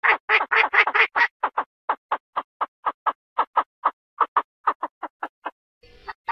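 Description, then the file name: Chinese francolin calls, a few loud rasping notes that settle into an even series of shorter harsh notes, then a brief scratchy noise and a last note. Female calling. "Tieng chim da da mai goi"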